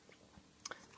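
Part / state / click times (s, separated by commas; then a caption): protective cover onto a small camera drone / seated / 0.7 s. A plastic cover and strap is angled onto a small DJI Mini camera drone, turned slightly and pressed home. It gives two short, sharp plastic clicks at 0.7 s and 0.7 s as it seats into place, finishing the job.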